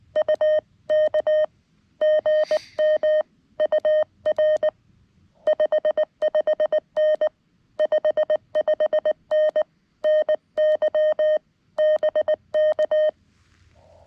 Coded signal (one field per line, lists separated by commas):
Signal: Morse code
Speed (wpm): 19 wpm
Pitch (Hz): 1850 Hz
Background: none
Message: U K GM UR 55N 55N NY BK